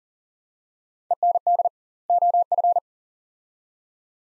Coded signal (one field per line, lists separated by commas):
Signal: Morse code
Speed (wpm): 40 wpm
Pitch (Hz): 700 Hz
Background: none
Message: END OF